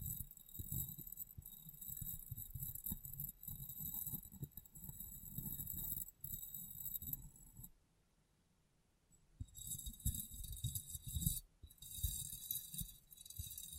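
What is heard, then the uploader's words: Dense, irregular soft taps and rubbing on a glass brain over a thin high hiss, pausing into near silence around eight seconds. ASMR Glass Brain Tapping & Cleaning (No Talking).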